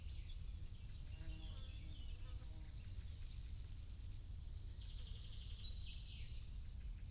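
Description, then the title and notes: Insects stridulating in quick high pulses in bursts, with a brief lower buzzing passage and a steady low rumble. Insects stridulating in grass on île Gabriel, Brangues, France; sunny summer afternoon, June 2021; two small Lom Usi Pro capsules in stereo AB placed in the grass, SD MixPre 6. "île Gabriel - Brangues, France - Bourdons et crissements estivaux. Une après-midi ensoleillée sur l'île Gabriel. en juin 2021. je dépose deux petites capsules dans l'herbe afin de capter les stridulations des insectes à cette saison"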